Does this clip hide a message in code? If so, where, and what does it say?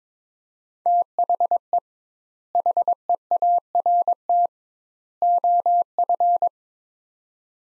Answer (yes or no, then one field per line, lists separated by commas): yes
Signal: Morse code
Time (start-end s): 0.9-6.5 s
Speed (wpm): 22 wpm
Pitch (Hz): 700 Hz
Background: none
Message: THE HEART OF